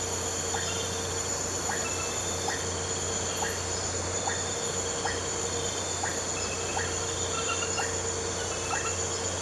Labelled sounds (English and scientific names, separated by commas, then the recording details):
none
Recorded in pastures near Puerto Asís, Putumayo, Colombia, on 9 March 2025 at 00:30
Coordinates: 0.466, -76.322
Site CSA-02